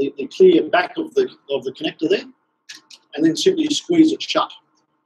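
Someone talks while handling a small clear-backed irrigation wire connector, an insulation-displacement type that closes on irrigation cable, with the bared wire pushed into it before the plastic body is squeezed shut. Two brief soft transients sound at 2.7 s and 2.9 s during a pause in the talk. The clip ends before the connector goes home, so nothing has clicked shut or seated yet.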